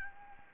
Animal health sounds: mosquito wingbeat signal from an infrared sensor; Anopheles gambiae

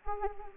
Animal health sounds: mosquito wingbeat signal from an infrared sensor; Anopheles arabiensis

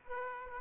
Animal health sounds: mosquito wingbeat signal from an infrared sensor; Aedes aegypti

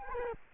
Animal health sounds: mosquito wingbeat signal from an infrared sensor; Culex quinquefasciatus

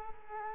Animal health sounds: mosquito wingbeat signal from an infrared sensor; Culex quinquefasciatus

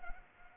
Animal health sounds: mosquito wingbeat signal from an infrared sensor; Culex pipiens

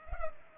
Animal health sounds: mosquito wingbeat signal from an infrared sensor; Culex pipiens

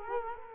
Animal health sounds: mosquito wingbeat signal from an infrared sensor; Culex quinquefasciatus

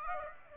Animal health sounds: mosquito wingbeat signal from an infrared sensor; Aedes aegypti

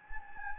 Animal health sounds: mosquito wingbeat signal from an infrared sensor; Anopheles gambiae

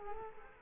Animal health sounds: mosquito wingbeat signal from an infrared sensor; Culex quinquefasciatus

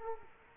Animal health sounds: mosquito wingbeat signal from an infrared sensor; Culex quinquefasciatus

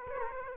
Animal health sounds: mosquito wingbeat signal from an infrared sensor; Aedes aegypti

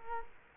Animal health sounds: mosquito wingbeat signal from an infrared sensor; Culex quinquefasciatus

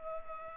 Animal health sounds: mosquito wingbeat signal from an infrared sensor; Culex pipiens

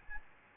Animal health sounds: mosquito wingbeat signal from an infrared sensor; Aedes albopictus

